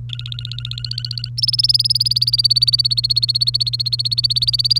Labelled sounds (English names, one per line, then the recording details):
Domestic Canary song
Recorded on 1 May 2018 at 07:16
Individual llb3